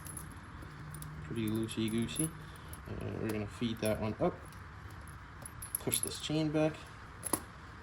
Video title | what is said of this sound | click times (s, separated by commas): Putting snow chains on my d140! | and it clicked right in. | 7.3 s